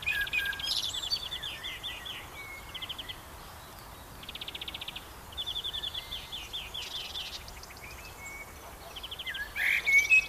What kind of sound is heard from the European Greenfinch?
song